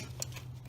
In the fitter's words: the cable bottle back now she snaps in place